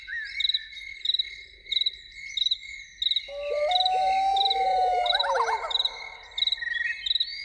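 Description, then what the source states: Loon call: a wail slides into a quavering tremolo, over a constant chorus of rhythmically pulsing insects. Evening soundscape.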